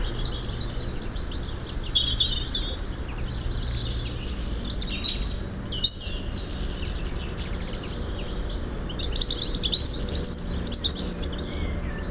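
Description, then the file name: European robin song: high, thin, varied warbling phrases with quick twittering notes, over steady low rumbling background noise. "Erithacus rubecula"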